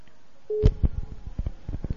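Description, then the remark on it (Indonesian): A phone line connecting: a short, steady mid-pitched beep, then a loud click and a run of rapid, rhythmic clicks and pulses on the line. No one speaks. “Pertanyaan terakhir Ustaz, kita angkat kembali dari telepon, telah tersambung dengan satu telepon.”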